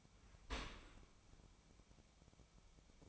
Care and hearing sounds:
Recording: daily activity, microphone in the room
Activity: open dishwasher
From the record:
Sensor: 1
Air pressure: 1003.1 hPa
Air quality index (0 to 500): 197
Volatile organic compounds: 6 ppm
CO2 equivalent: 1882 ppm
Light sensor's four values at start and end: 17/42/17/21 and 17/41/17/20

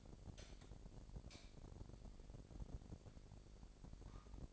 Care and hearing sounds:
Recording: daily activity, microphone in the room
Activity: light on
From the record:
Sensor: 5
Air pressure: 1012.0 hPa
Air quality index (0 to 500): 248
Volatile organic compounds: 5 ppm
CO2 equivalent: 1709 ppm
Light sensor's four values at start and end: 39/89/37/39 and 40/95/39/42

